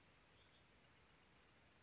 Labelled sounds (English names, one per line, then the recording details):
Bewick's Wren
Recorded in Sonoma County, California